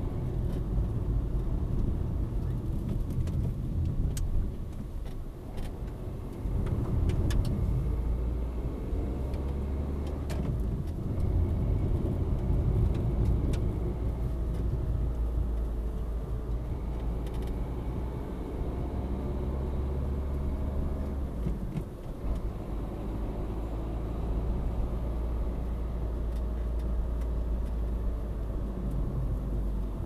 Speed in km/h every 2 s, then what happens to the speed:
37, 29, 21, 23, 33, 40, 44, 43, 43, 51, 55, 57, 60, 61, 54.
0-3 brakes to 21. 6-12 speeds up to 44. 16-23 speeds up to 60. 27-30 brakes to 54.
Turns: 3-7.